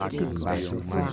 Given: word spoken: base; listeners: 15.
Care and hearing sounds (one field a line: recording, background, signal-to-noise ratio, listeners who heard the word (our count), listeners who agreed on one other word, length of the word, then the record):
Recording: one Spanish word in noise, from a listening test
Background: four-talker babble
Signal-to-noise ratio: -2.4 dB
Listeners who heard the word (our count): 0 of 15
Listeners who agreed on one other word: 6 of 15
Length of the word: 0.73 s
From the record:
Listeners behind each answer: 6, 1, 1, 1, 1, 1, 1, 1, 1, 1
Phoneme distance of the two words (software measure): 21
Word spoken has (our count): 2 syllables, 4 phonemes, stress on syllable 1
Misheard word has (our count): 2 syllables, 5 phonemes, stress on syllable 1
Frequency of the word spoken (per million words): 191.68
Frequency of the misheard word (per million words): 14.08